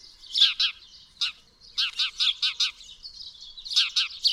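Bird song of bright, rapid chirps and short warbled notes in quick bursts, with a brief silent gap before the phrases resume.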